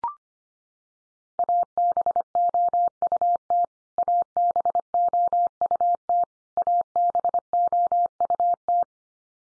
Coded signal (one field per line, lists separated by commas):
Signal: Morse code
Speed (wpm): 25 wpm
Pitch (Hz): 700 Hz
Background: none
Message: ABOUT ABOUT ABOUT